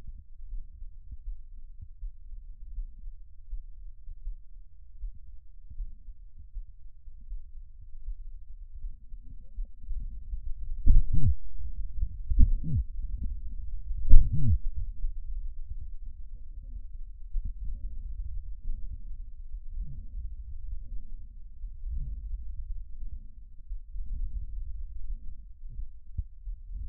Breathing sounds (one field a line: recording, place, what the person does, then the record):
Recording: lung sounds by stethoscope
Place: right anterior apical chest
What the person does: quiet breathing, then deep breathing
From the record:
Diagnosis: COPD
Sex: female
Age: 80 years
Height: 160 cm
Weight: 62 kg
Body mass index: 24.2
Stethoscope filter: bell mode